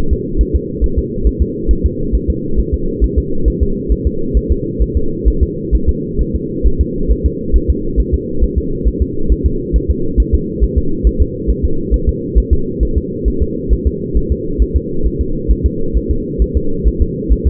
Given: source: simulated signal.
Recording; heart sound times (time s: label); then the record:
fetal heart sounds
0.13 s: S2
0.41 s: S1
0.56 s: S2
0.84 s: S1
0.99 s: S2
1.27 s: S1
1.42 s: S2
1.71 s: S1
1.86 s: S2
2.15 s: S1
2.30 s: S2
2.59 s: S1
2.74 s: S2
3.04 s: S1
3.18 s: S2
3.48 s: S1
3.63 s: S2
3.92 s: S1
4.07 s: S2
4.37 s: S1
4.52 s: S2
4.82 s: S1
4.97 s: S2
5.28 s: S1
5.43 s: S2
5.75 s: S1
5.89 s: S2
6.21 s: S1
6.36 s: S2
6.67 s: S1
6.81 s: S2
7.12 s: S1
7.26 s: S2
7.56 s: S1
7.70 s: S2
8.00 s: S1
8.14 s: S2
8.44 s: S1
8.58 s: S2
8.88 s: S1
9.02 s: S2
9.32 s: S1
9.46 s: S2
9.76 s: S1
9.91 s: S2
10.20 s: S1
10.34 s: S2
10.64 s: S1
10.78 s: S2
11.07 s: S1
11.22 s: S2
11.50 s: S1
11.65 s: S2
11.94 s: S1
12.09 s: S2
12.38 s: S1
12.53 s: S2
12.83 s: S1
12.98 s: S2
13.28 s: S1
13.42 s: S2
13.73 s: S1
13.87 s: S2
14.17 s: S1
14.32 s: S2
14.62 s: S1
14.76 s: S2
15.06 s: S1
15.21 s: S2
15.51 s: S1
15.66 s: S2
15.97 s: S1
16.11 s: S2
16.42 s: S1
16.57 s: S2
16.88 s: S1
17.02 s: S2
17.33 s: S1
17.47 s: S2
From the record:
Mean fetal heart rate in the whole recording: 135 bpm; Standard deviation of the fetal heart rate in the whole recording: 3 bpm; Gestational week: 34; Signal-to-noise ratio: -8.1 dB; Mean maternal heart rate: 72 bpm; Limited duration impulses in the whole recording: absent